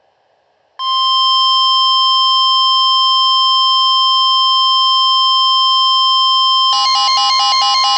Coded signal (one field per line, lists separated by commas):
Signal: Emergency Alert System (SAME) tones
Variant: 1050 Hz attention tone